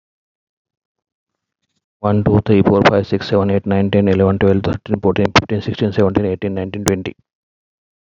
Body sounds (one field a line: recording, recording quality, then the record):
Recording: counting at a fast pace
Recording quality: excellent, no background noise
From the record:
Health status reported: healthy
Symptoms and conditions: hypertension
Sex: male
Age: 47 years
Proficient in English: yes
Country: India